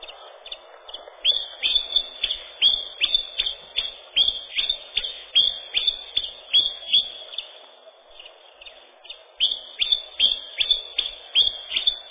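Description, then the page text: Common chiffchaff delivering a monotonous string of sharp high notes, roughly two or three a second, pausing briefly midway before carrying on. Song described as a ringing, measured, monotonously repeated 'ten-tin-tyan-tyun... tr... tr... ten-tin'. "Пеночка-теньковка, или пеночка-кузнечик (устар.) — Phylloscopus collybita"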